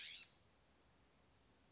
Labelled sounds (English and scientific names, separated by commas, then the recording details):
California Scrub-Jay (Aphelocoma californica)
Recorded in Sonoma County, California